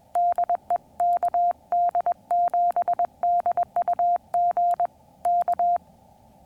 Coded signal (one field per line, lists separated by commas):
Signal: Morse code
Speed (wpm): 21 wpm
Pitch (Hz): 700 Hz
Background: none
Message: DE KD7DUG K